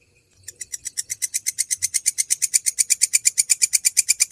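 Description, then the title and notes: Canary song, a steady train of sharp buzzy chirps repeated rapidly, beginning after half a second of quiet and continuing to the end. Canary song used as masteran, a training track for songbirds. "Kicauan Kenari. Masteran Burung Lengkap"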